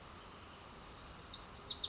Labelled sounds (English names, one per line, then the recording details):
Wilson's Warbler
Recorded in Sonoma County, California